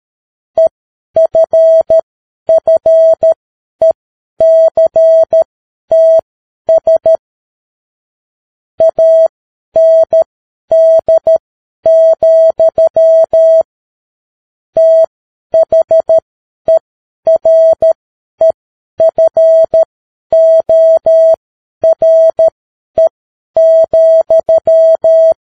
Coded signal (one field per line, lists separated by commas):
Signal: Morse code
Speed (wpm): 13 wpm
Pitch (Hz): 650 Hz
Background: music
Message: EFFECTS AND, THEREFORE,